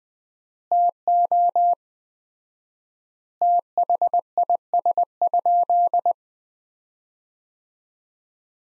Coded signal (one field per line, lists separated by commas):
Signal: Morse code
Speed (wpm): 21 wpm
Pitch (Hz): 700 Hz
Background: none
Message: TO THIS?